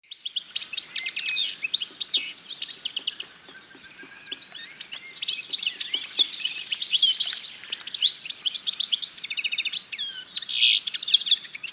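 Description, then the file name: European goldfinch giving lively twittering: bursts of fast, bright chirping and trilled notes with occasional high slurred whistles, a brief quieter lull near the middle. "Carduelis carduelis"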